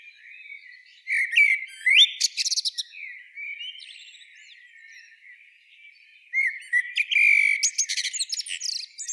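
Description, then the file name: Common blackbird song: fluty warbled phrases and bursts of high, scratchy twittering notes, with a quieter stretch midway. "Turdus merula"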